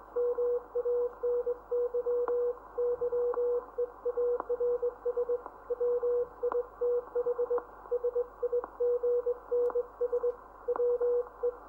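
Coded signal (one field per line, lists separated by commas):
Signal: Morse code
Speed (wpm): 21 wpm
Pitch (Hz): 480 Hz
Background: none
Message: MANY YEARS WITH SIGNS WE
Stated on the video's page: Professional coast station operators sending close-down messages on 500 kHz in the United Kingdom, answered by nearby and distant coast stations, including a transatlantic contact.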